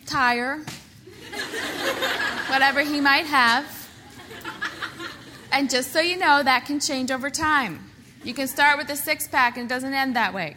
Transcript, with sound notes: tire... whatever he might have. (Laughter) And, just so you know, that can change over time. You can start with a six-pack, but it doesn’t end that way.